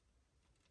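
A suspension part is being pushed onto the lower wishbone of a 1:8 scale Ferrari F40 Competizione model car kit from Panini, with only a low, steady handling rustle and faint scraping heard throughout. Nothing has seated or clicked yet; the part is not home by the end of the clip.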